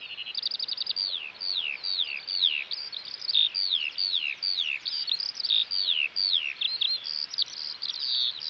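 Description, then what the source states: Eurasian Skylark song, a continuous rapid run of high descending slurred notes. Recorded in West Clare; synonymous with warm summer days; the song is incredibly fast.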